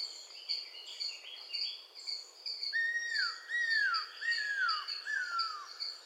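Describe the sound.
Cuckoo-roller calling with four loud, clear whistles that each fall in pitch, spaced under a second apart, against a persistent shrill insect hum.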